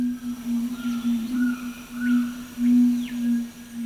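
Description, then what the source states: Red-ruffed Fruitcrow display calls: a deep, steady humming boom held low and pulsing in strength, with a few faint higher notes above. Male booming out its display calls, a strange sound echoing through mountain forest in northeastern Argentina.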